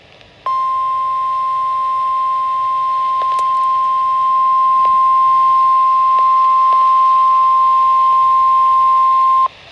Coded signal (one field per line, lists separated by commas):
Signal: Emergency Alert System (SAME) tones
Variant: 1050 Hz attention tone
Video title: (EAS #17-21) An over exaggerated situation- Eas alerts from 6/13/22